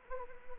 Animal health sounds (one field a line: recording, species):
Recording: mosquito wingbeat signal from an infrared sensor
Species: Anopheles arabiensis